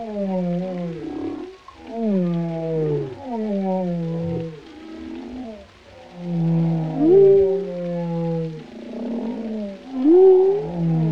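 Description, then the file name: Whale song of low moaning tones with rich stacked harmonics, sliding downward and upward in long phrases, with a couple of rising whoops in the second half. "Sounds Of Whales - Whale Sounds Pt 13"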